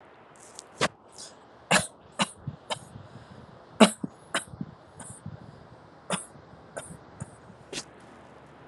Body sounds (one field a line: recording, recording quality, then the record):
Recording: shallow voluntary cough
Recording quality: excellent, no background noise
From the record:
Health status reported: healthy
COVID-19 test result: not tested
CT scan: not taken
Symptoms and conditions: none ticked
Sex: female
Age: 47 years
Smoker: no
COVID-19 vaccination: both doses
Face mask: not worn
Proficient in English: yes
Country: India